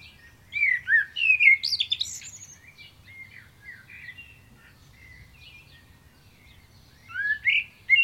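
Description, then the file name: Common blackbird singing a fluted, slurred phrase with a high squeaky flourish, then quiet soft notes, and another rich phrase near the end. "Turdus merula"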